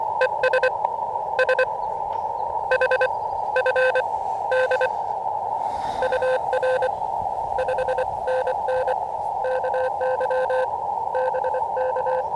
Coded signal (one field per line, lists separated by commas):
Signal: Morse code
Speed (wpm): 25 wpm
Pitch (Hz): 510 Hz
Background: none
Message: ES SH FD UR 5NN KY BK